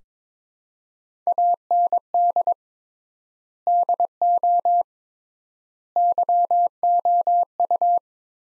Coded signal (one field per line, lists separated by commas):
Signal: Morse code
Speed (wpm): 22 wpm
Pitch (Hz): 700 Hz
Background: none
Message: AND DO YOU